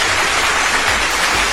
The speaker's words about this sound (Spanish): Un fuerte aplauso.